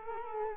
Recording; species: mosquito wingbeat signal from an infrared sensor; Culex quinquefasciatus